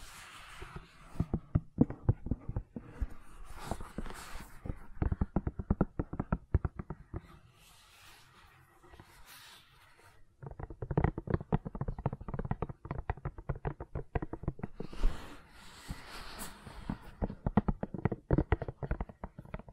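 Gentle silicone sounds: dense runs of quick, soft clicks and taps, like squishing or pressing, with faint brighter swishes mixed in. The clicking thins to a quiet patch around eight to ten seconds, then resumes in steady bursts to the end.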